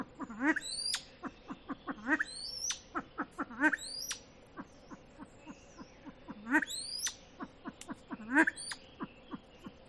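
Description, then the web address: Silver pheasant calls: loud low clucks in rapid series, punctuated by sharp rising squeals every few seconds. "audio lophura-nycthemera-sound"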